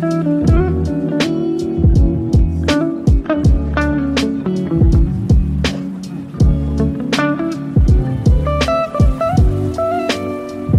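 Relaxed cafe music with a steady, regular beat of punchy low drum hits and crisp ticks over sustained warm chords, playing throughout.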